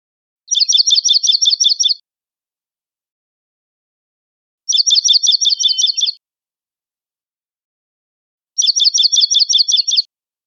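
Dark-eyed junco giving three steady trills, each a fast string of identical high chips, spaced roughly four seconds apart in silence.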